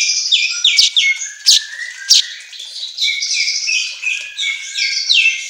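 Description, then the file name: Asian golden weaver song, a busy chatter of high twittering notes and short buzzy phrases, with a few louder sharp chips scattered through. Made for training songbirds; 'auto gacor' style to set caged birds singing. "Suara Kicau Manyar Kepala Emas Auto Gacor"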